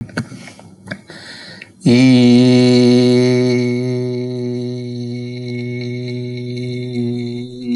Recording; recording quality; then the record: sustained vowel as in beet; excellent, no background noise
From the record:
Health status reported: healthy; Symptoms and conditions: none ticked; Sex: male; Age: 35 years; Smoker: not ticked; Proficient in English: yes